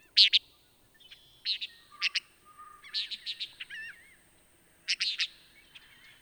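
Antillean nighthawk uttering rapid clipped note groups, with some wavering notes and soft chips between them.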